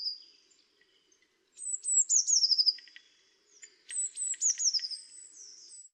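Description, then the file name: Eurasian blue tit giving two phrases of high, sliding notes, each dropping into a quick trill. "Cyanistes caeruleus"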